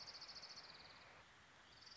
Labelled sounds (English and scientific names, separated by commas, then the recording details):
Orange-crowned Warbler (Leiothlypis celata)
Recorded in Sonoma County, California